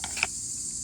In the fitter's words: a nice click